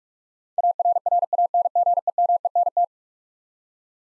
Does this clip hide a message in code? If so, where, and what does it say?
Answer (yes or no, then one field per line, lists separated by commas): yes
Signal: Morse code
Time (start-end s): 0.6-2.8 s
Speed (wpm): 43 wpm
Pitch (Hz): 700 Hz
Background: none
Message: ARRANGEMENT